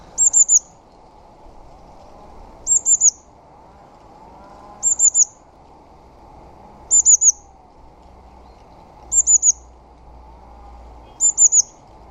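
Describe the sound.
Bird calls: short groups of three high, sharp notes repeated about every two seconds, six groups in all, with a faint low background hum.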